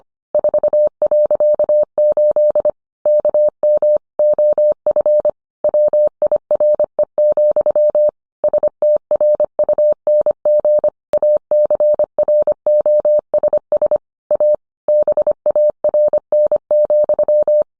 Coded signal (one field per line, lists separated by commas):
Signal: Morse code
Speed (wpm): 25 wpm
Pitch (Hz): 600 Hz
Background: none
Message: 4.8 KM OF WIRE, STRUNG ACROSS A BARN,